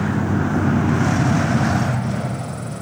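A large vehicle's engine rumbles steadily with a deep, broad drone, then eases off slightly toward the end as a bus pulls away. No one speaks.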